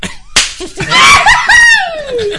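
A sharp smack bursts out, then a loud, drawn-out battle cry yell that wavers before sliding steadily downward in pitch, with no talking around it.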